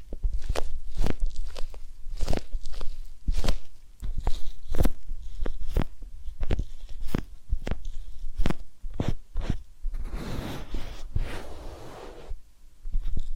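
Massage and ear-cleaning sounds: a run of sharp, crisp taps and crunchy pats falls about twice a second, slightly uneven in spacing. Around the tenth second they give way to a denser rough rubbing for a couple of seconds. A low, steady hum sits underneath throughout.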